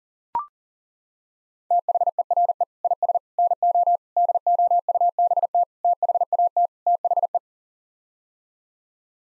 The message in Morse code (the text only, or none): THERE IS NO DOUBT THAT THE